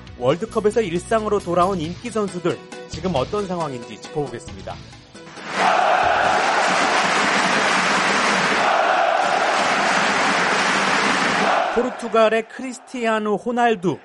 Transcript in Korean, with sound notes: 월드컵에서 일상으로 돌아온 인기 선수들, 지금 어떤 상황인지 짚어보겠습니다. [녹취: 축구경기 현장음] 포르투갈의 크리스티아누 호날두.